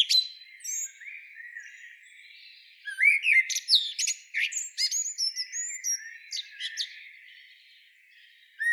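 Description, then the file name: Common blackbird song, fluted notes running into a burst of high squeaky twittering. "Turdus merula"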